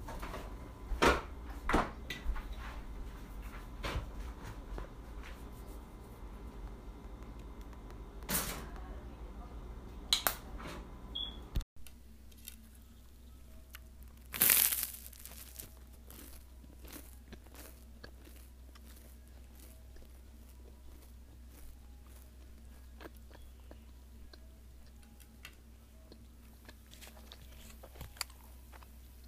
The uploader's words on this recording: Lunch time ASMR. Eating lunch from the making all the way till I’m eating which is a peanut butter sandwich and leftover food.